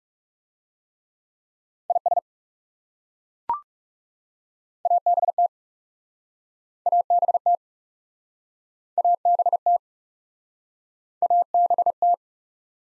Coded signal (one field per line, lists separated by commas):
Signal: Morse code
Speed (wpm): 40 wpm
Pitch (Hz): 700 Hz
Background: none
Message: IS ABT ABT ABT ABT